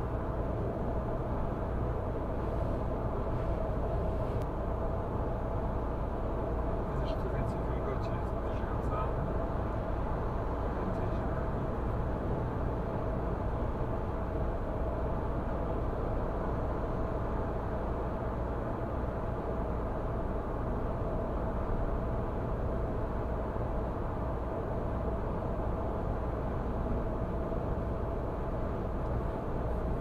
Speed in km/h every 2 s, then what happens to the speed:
104, 105, 105, 104, 105, 105, 105, 105, 105, 105, 105, 105, 105, 105, 105.
0-30 steady at about 105.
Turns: none.